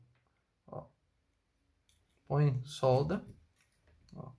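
An analog stick module is handled on an Xbox 360 controller circuit board while a replacement stick is being soldered on; the stick is pressed down so its click can be heard. Someone talks throughout, and a few faint, brief ticks are heard between the words. Nothing has seated or clicked yet.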